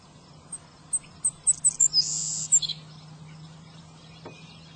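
Savannah sparrow song: a series of thin, high chips speeding up, then a long buzzy high trill and a short lower buzz, over a faint steady low hum.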